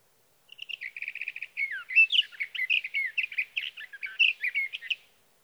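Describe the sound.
Sage thrasher singing a sustained, jumbled warble that opens with a rapid stutter of repeated notes, then runs into varied slurred phrases for several seconds.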